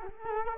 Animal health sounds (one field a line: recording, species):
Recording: mosquito wingbeat signal from an infrared sensor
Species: Culex quinquefasciatus